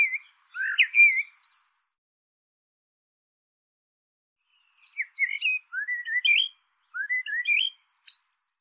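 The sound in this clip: Bird with a burst of warbled whistles, a long silence, then two more phrases of rising slurred chirps mixed with faint high ticking notes.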